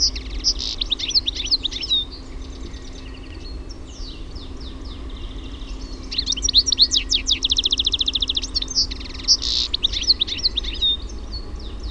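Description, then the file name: European goldfinch song: rapid tinkling, liquid twittering with buzzy trills, a pause midway, then a second louder burst of chattering phrases over low background rumble. "TIKLI"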